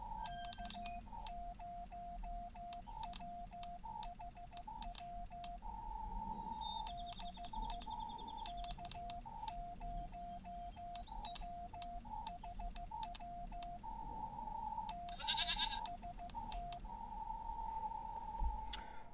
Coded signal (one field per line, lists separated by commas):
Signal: Morse code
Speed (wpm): 15 wpm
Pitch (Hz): 700 Hz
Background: none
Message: K0WHW DE K0WHW TEST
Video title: IC 705 CW - No Paddles, No Straight Key, No Bug . . . NO PROBLEM! CW on Icom 705 Using Mic Buttons